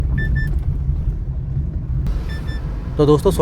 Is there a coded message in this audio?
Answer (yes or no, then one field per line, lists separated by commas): no